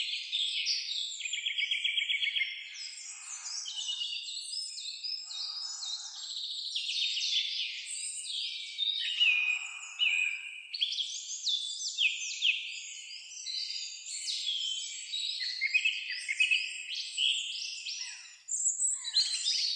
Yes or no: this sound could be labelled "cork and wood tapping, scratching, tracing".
no